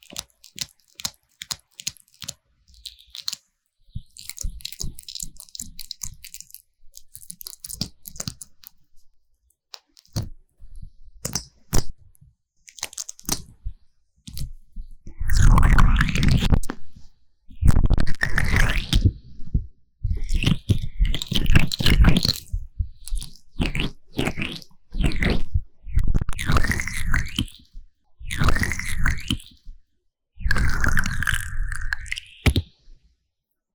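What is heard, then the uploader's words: Slick, sticky ear massage sounds, with rapid crackles and smacks filling the first eight seconds. After a short pause come longer, louder squelching rubs with a low muffled thump, repeating every couple of seconds until the end. 凡士林耳朵按摩. Vaseline Ear massage Sounds | NoTalking.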